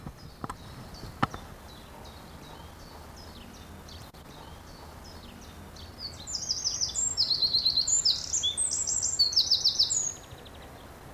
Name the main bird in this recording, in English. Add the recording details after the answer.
Eurasian Wren. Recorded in the wild. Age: adult. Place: Friedhof Niederschönhausen III, Berlin, DE. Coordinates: 52.571, 13.386. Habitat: Stadtfriedhof. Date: 1992-05-03 11:42. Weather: wolkig, 11°C. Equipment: Nagra SN, Mikrofon AKG CK 8, Kopie Tesla B 116. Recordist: Tembrock, Günter